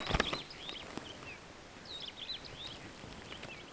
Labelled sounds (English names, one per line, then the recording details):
Superb Starling flight call
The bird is a male
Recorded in Kenya on 26 June 2010
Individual 7, of group CF1